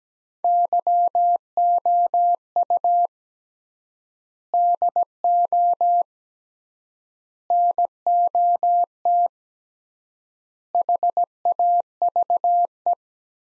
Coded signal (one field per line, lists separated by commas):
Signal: Morse code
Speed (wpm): 17 wpm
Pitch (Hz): 700 Hz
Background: none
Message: YOU DO NOT HAVE